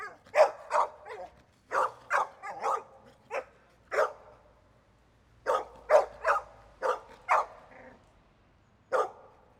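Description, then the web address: Dog giving sharp barks, mostly in quick runs separated by brief gaps. Medium-size dog barking. "Epidemic Sound Albums. Dog Bark Medium Size"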